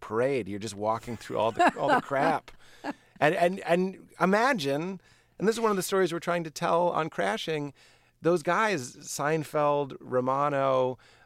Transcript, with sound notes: You're just walking through all the crap.
(Laughter).
And imagine - and this is one of the stories we're trying to tell on "Crashing" - those guys, Seinfeld, Romano,